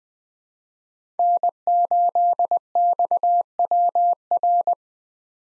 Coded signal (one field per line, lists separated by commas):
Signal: Morse code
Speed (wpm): 20 wpm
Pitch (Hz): 700 Hz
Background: none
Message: N8XWR